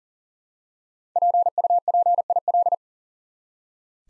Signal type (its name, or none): Morse code